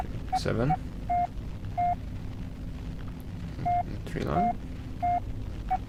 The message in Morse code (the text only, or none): none